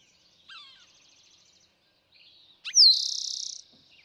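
Eastern towhee song near the end: quick introductory notes then a fast trill, preceded by faint twittering from another bird.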